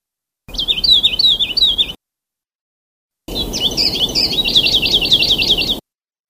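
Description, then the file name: Sulawesi leaf warbler song, a short high burst of wavering notes followed by a longer, busier phrase of rapid repeated high notes. "kicauan cikrak sulawesi omkicau"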